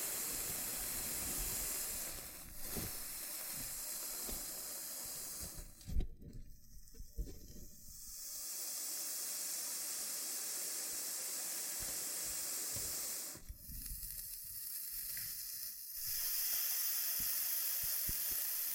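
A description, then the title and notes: Dense scratchy hiss of a loofah being rubbed and peeled, bright and steady for long stretches. It breaks off twice, around six and thirteen seconds, leaving short pauses filled with soft low pops and crackles before the rasping resumes. ASMR Oddly Satisfying Loofah Triggers with Intense Peeling & Popping Sounds (No Talking).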